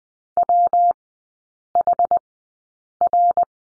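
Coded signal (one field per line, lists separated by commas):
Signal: Morse code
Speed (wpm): 20 wpm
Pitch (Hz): 700 Hz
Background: none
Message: WHR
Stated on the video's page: Morse code course lesson drilling the letter W in three-character groups at Farnsworth 20/10 wpm.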